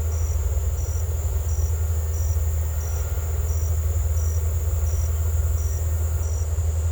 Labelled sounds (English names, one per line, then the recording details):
none
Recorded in secondary vegetation near Puerto Asís, Putumayo, Colombia, on 18 December 2024 at 16:30
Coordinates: 0.468, -76.324
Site G095